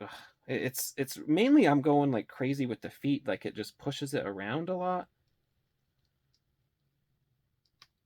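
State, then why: Seated. A plastic ball peg from the foot or leg joint of a small 1:18 action figure is worked back into its joint socket, angled just so. Someone talks for the first five seconds, then after a stretch of quiet a single short, sharp snap at 7.8 seconds marks the peg popping into its socket.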